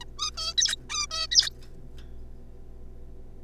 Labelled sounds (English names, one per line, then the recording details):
Zebra Finch
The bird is a juvenile
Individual R3549